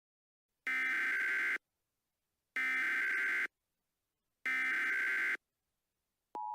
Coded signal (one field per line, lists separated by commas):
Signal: Emergency Alert System (SAME) tones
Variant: header bursts